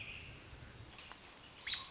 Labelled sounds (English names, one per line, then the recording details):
American Robin
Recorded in Sonoma County, California